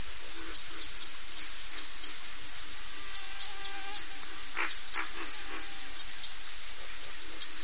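Crickets chirping in a steady, high-pitched continuous chorus, with a few brief fainter squeaks and clicks in the middle.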